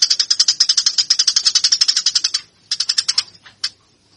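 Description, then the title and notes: Eurasian tree sparrow fighting call, a fast run of high, harsh chirps, then a pause and a few shorter bursts. Fighting (tarung) sparrow sound used to train birds; Indonesian name burung gereja. "MASTER GEREJA TARUNG 1. burung gereja"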